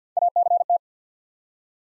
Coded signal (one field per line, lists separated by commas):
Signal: Morse code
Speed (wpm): 50 wpm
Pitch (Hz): 700 Hz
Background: none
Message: ACT